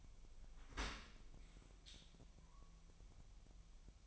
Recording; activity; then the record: daily activity, microphone in the room; open dishwasher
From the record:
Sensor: 1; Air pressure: 1000.6 hPa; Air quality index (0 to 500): 247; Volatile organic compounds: 140 ppm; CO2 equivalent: 3976 ppm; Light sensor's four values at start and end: 11/28/11/12 and 11/28/11/12